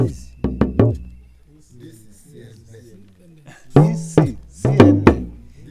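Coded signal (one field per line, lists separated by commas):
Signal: talking drum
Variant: Yoruba dùndún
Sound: two groups of resonant drum strokes whose pitch bends, like speech, with softer humming between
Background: small room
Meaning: The drummed phrase says "This is CNN"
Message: this is cnn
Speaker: this is cnn this is cnn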